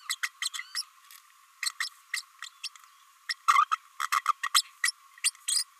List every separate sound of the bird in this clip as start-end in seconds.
0.09-0.15, 0.23-0.28, 0.41-0.49, 0.53-0.63, 0.75-0.82, 1.62-1.71, 1.80-1.89, 2.13-2.21, 2.63-2.68, 3.29-3.33, 3.48-3.65, 3.71-3.77, 4.00-4.08, 4.12-4.21, 4.25-4.32, 4.43-4.49, 4.54-4.63, 4.83-4.91, 5.24-5.30, 5.47-5.63